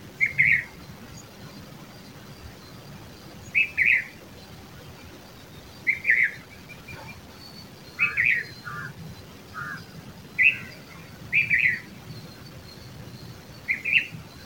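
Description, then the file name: Red-vented bulbul repeating brief cheerful chirping phrases at irregular intervals, with some softer lower notes in between, against faint steady background noise. "Red vented Bulbul Pycnonotus cafer"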